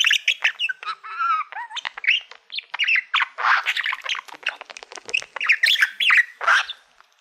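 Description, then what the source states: Budgerigar chatter, continuous scratchy warbles, squeaks and rising whistled notes running almost without pause. Budgie making happy sounds.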